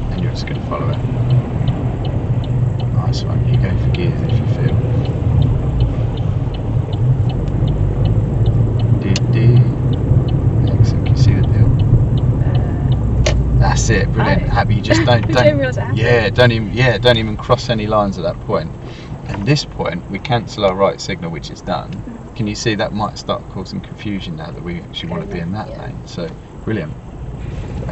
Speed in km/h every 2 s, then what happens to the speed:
13, 15, 18, 24, 27, 24, 19, 6, 0, 0, 0, 0, 0, 0.
0-9 speeds up to 27. 9-16 brakes to 0. 16-28 standing.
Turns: 1-12.